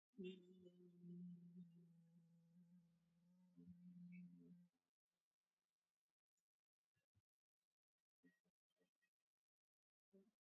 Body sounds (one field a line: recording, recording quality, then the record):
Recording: sustained vowel as in beet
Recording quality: excellent, no background noise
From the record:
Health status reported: COVID-19 positive, mild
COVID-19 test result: positive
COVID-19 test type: RT-PCR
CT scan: taken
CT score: 4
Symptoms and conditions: muscle pain, diabetes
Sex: female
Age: 59 years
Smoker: no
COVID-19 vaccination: both doses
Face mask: worn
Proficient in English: yes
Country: India